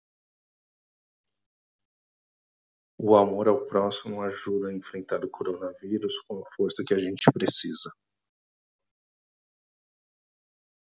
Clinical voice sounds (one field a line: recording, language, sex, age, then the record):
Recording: spoken sentence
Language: Brazilian Portuguese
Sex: male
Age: 40 to 49 years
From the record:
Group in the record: control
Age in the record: 42 years